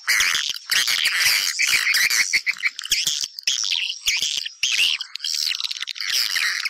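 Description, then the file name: Swiftlet calls in bursts, rasping twitters and clicks coming in loud clusters separated by short quieter gaps, all high-pitched. Lure sound played to attract swiftlets for nest farming. "Am thanh du yen"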